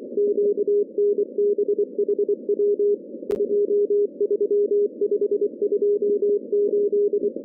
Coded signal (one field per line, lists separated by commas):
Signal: Morse code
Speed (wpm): 24 wpm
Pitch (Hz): 410 Hz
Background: none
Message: QNBHW 23528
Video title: 170 Meter Shortwave Band